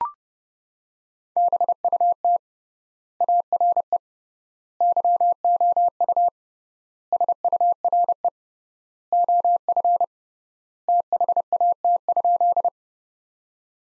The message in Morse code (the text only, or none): BUT ARE YOU SURE OF THAT?